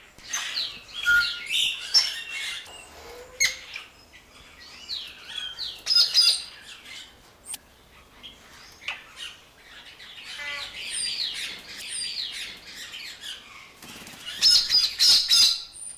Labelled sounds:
White-necked Myna (Streptocitta albicollis) call

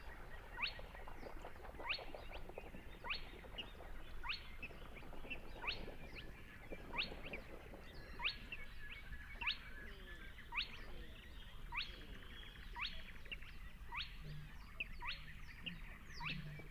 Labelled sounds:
Spotted Crake (Porzana porzana) song

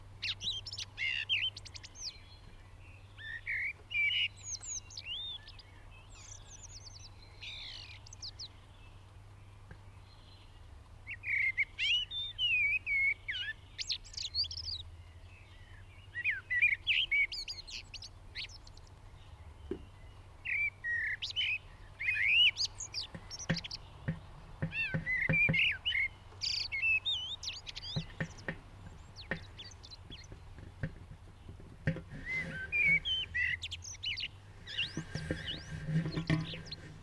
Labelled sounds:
Common Blackbird (Turdus merula) song

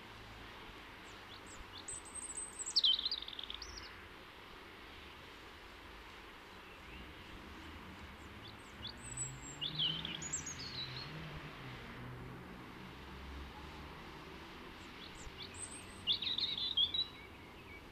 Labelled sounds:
European Robin (Erithacus rubecula) song

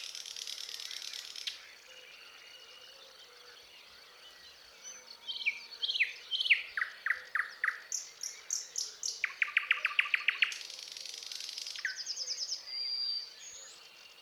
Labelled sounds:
Thrush Nightingale (Luscinia luscinia) song

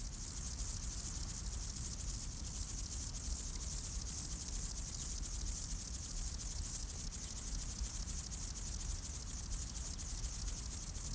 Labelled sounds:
Upland Field Grasshopper (Chorthippus apricarius) stridulation

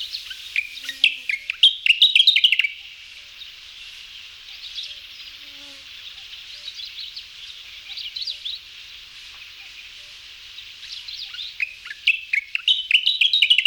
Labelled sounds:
Gray's Grasshopper Warbler (Locustella fasciolata) song

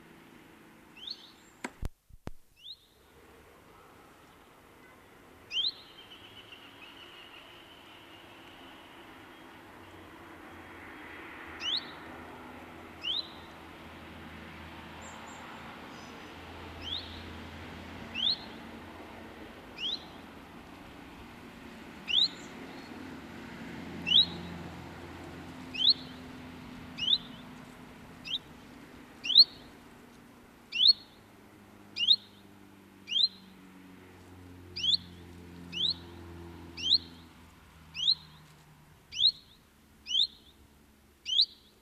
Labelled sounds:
European Greenfinch (Chloris chloris) call

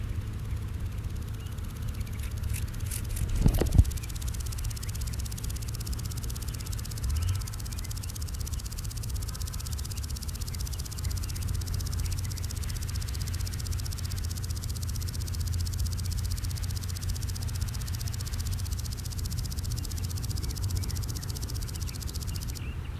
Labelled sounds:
Common Green Grasshopper (Omocestus viridulus) stridulation

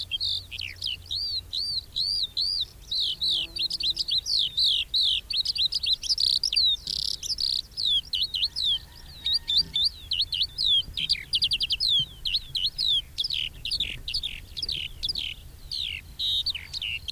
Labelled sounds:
Eurasian Skylark (Alauda arvensis) song

